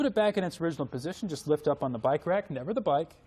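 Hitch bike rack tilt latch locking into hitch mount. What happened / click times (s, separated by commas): Handled, not yet home: no latch click heard, only talking / none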